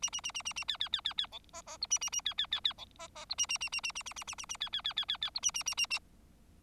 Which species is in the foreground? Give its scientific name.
Lonchura striata domestica